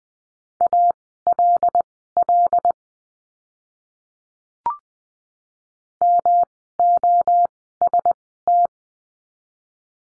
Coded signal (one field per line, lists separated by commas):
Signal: Morse code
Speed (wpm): 20 wpm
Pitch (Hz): 700 Hz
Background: none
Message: ALL MOST